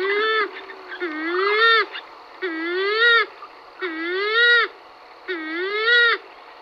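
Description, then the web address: Western swamphen calls: nasal, wailing rising-and-falling notes rich in harmonics, repeated about every one and a half seconds over a steady background hiss. "pajaros Calamon comun"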